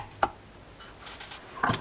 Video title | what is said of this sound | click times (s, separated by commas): Penn Graphite GS 555 fishing reel how to take apart and service | just started snap so we're in you can tell because you get a nice fresh seam here | 1.6 s